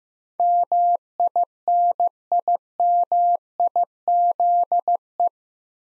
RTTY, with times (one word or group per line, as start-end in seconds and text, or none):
none